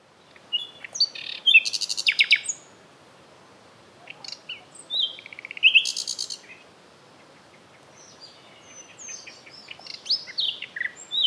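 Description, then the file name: Common nightingale song: varied phrases with rapid rattling note series and sharp high notes, separated by short pauses, with a quieter phrase at the end. "Luscinia megarhynchos"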